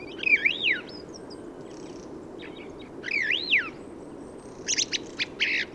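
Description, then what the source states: Song thrush: songbird giving two looping, warbled whistled phrases, interspersed with softer twitters and ending with harsh buzzy notes, over steady low background rumble. Autumn improvised song in Forêt de Valdrôme, 15 November 2020; thrushes staying until the snow because of exceptional whitebeam and rowan fruiting; recorded with Nagra Seven and Telinga pro7 parabola.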